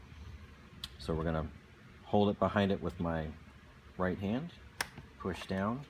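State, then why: Not seated. A Hall sensor on the plastic carrier of a Litter-Robot II drive is held with the wire harness kept behind the carrier, out of the motor gear's path, while it is pushed down into place. Someone talks over faint handling noise with a few brief ticks, including a sharp one at 0.8 s. Nothing has seated or snapped into place yet.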